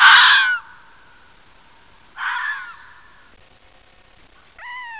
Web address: voice Vulpes vulpes